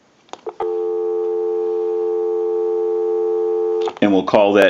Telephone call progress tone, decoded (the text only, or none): dial tone